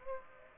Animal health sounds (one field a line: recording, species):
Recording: mosquito wingbeat signal from an infrared sensor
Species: Aedes aegypti